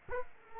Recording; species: mosquito wingbeat signal from an infrared sensor; Culex quinquefasciatus